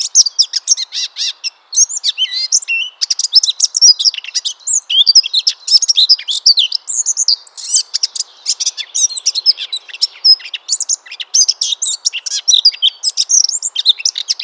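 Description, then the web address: Eurasian blackcap in a long unbroken warble of busy, jumbled high notes and trills, with only one brief pause early on. "SETE data Sylvia atricapilla"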